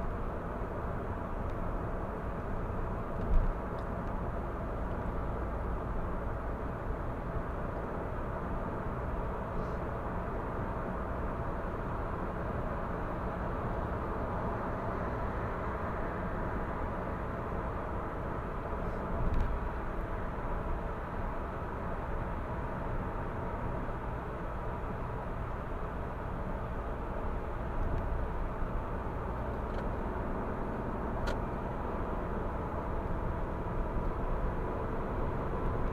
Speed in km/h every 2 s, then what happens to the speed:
80, 80, 81, 84, 86, 87, 87, 88, 89, 89, 88, 87, 87, 84, 85, 88, 92, 94.
0-15 speeds up to 89. 15-28 steady at about 87. 28-36 speeds up to 94.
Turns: none.